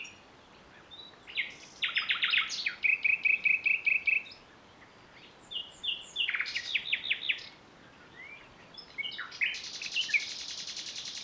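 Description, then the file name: Common nightingale song: varied bursts of high, sharp notes, including a rapid run of repeated whistled pips and buzzy trills, separated by short pauses. "Luscinia megarhynchos"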